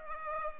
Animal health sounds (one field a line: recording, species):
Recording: mosquito wingbeat signal from an infrared sensor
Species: Culex pipiens